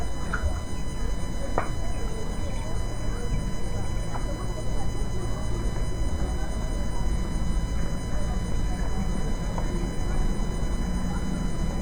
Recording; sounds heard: poultry house recording; healthy chickens